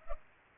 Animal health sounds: mosquito wingbeat signal from an infrared sensor; Culex pipiens

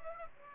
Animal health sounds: mosquito wingbeat signal from an infrared sensor; Aedes aegypti

